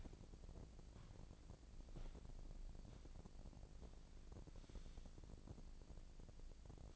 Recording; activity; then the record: daily activity, microphone in the room; walk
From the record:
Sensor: 5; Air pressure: 1012.3 hPa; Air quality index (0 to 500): 156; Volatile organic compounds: 2 ppm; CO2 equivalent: 1071 ppm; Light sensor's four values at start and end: 295/710/303/337 and 292/703/300/334